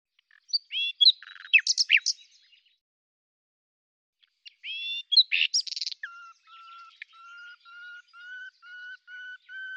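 Common nightingale singing jumbled chirps and whistles, then a long series of slow, pure, slightly rising whistled notes at a fairly even loudness.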